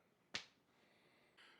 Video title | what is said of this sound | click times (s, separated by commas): Live Life Again - Easwe D10 Electric Wheelchair Assembly And Ride | And then when you fold up, they lock into place, just like that. | 0.4 s